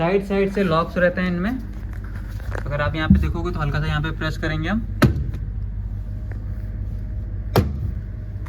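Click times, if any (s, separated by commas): 7.6 s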